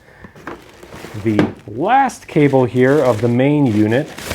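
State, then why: Seated. A pre-made solar input cable with MC4 fittings already on it has its proprietary plug pushed into the power station unit's port, and it snaps in with a single sharp click at 0.5 s. The plug is seated. Someone talks through the rest of the clip.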